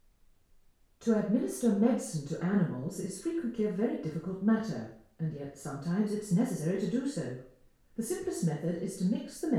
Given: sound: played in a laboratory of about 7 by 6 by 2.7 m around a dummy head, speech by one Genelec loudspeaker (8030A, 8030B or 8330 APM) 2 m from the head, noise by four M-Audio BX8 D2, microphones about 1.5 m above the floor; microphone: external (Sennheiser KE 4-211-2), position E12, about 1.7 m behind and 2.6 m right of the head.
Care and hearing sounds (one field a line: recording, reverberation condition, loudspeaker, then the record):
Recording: female speech in English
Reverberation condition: medium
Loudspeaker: 120 degrees to the right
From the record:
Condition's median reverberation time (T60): about 510 ms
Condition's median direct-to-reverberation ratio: about -0.5 dB